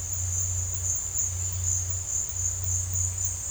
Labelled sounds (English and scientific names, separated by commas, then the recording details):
none
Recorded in dense forest near Puerto Asís, Putumayo, Colombia, on 8 March 2025 at 14:30
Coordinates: 0.468, -76.322
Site GP01